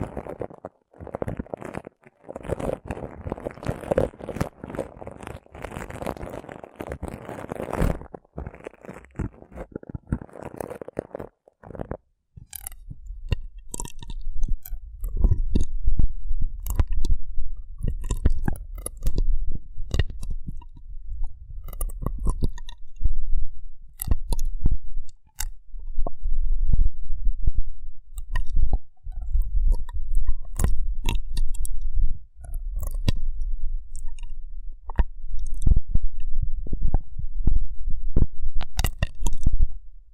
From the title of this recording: Rough Brain Cleaning and Picking